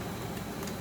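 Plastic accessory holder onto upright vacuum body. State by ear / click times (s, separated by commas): not seated / none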